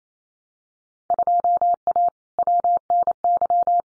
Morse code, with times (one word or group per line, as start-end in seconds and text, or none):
1.1-2.1 2A
2.4-3.8 WNY